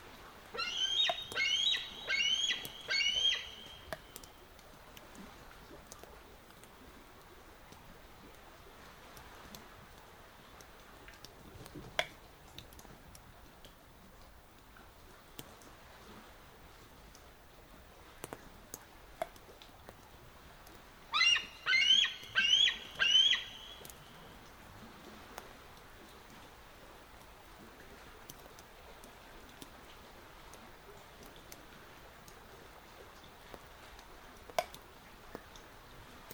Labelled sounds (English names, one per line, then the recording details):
Bald Eagle
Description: On a rainy day, a bald eagle calls out from a tree near the Peale Island backcountry patrol cabin